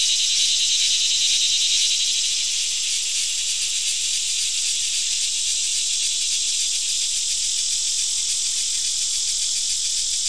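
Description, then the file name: Crickets chirp in a dense, continuous high-pitched pulsing chorus. Several crickets chirping together. "Digiffects Sound Effects Library - Crickets and a Cicada"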